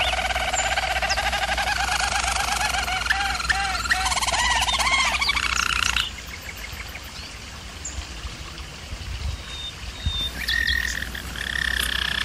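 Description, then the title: German Roller canary delivering rolling, bubbling trills for about six seconds, followed by a quieter spell with faint notes before a soft roll returns. Canary song used for canary training. "German Roller Canary Singing - Canary Training"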